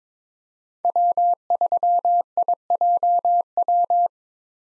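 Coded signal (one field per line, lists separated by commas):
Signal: Morse code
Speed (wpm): 22 wpm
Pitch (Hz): 700 Hz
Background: none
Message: W3IJW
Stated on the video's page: Morse head-copy drill of 5-character US call signs at 22 wpm, each sent, spoken, then sent again.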